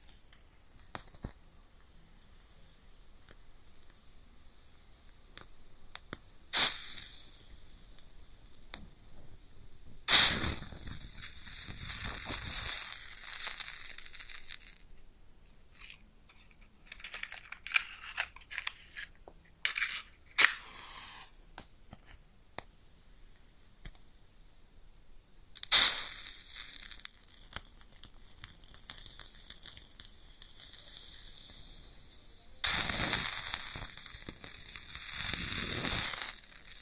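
A match is struck close up with sharp bursts near 7, 10, 26 and 33 seconds, each flaring into a bright, hissing crackle that fades over a few seconds. Between strikes, faint ticking crackles and a thin high whine continue over a quiet background.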